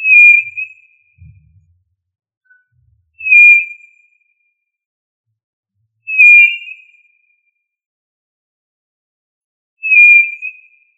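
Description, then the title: Tinamou calls with pure, high whistled notes, given four times a few seconds apart in otherwise quiet surroundings. "Familia Tinamidae - Quail - Puyuh"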